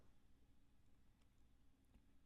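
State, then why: Not seated. The weighted plastic foot labeled B is being pushed into the matching B spot on the back of the base module of a Tekky Toys Rosemary zombie girl animated prop. Only a low, steady background rumble is heard, with faint light ticks of handling around 1.2 and 2.0 seconds. The foot has not clicked into place or seated yet.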